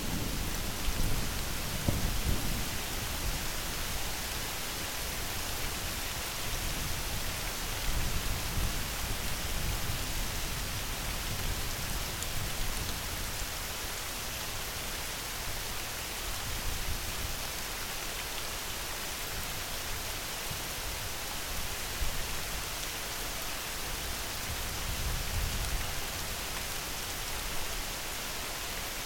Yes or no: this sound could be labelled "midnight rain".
yes